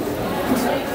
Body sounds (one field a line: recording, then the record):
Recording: background sound without coughing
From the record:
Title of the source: 40 min - Ambience sounds UNIVERSITY lunchroom chatting